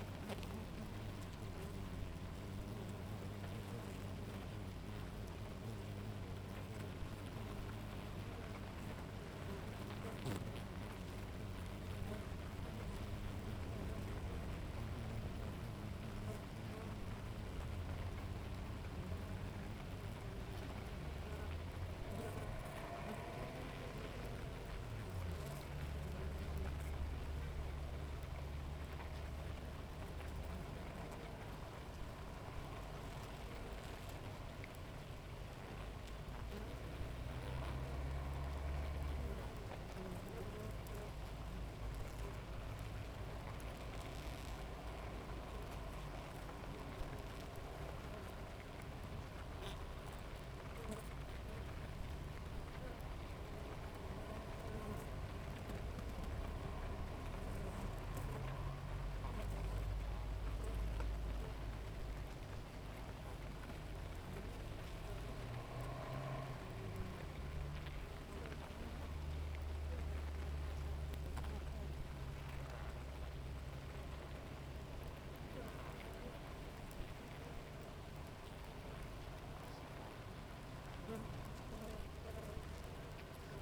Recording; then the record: honeybee colony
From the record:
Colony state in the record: active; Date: 28 July 2017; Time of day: 7:05